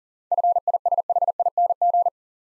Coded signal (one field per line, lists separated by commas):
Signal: Morse code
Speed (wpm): 37 wpm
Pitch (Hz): 700 Hz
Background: none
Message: FISHING